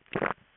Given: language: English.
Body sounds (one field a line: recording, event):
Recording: throat vibration sensor signal played as sound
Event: swallow